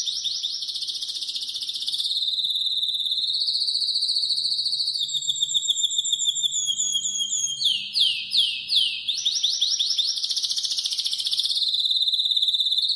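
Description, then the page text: Canary singing continuously in fast, high, rolling trills, switching between tours, with a brief run of sweeping notes in the middle. Belgian canary breed, singing loudly. "cantodepassaros 2. Canário Belga Cantando Forte! #canariobelga"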